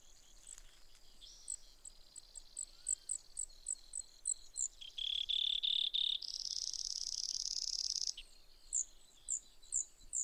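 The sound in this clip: Brewer's sparrow singing spaced high chips, then a lower buzzy trill and a long bright buzz, over a soft steady background hiss.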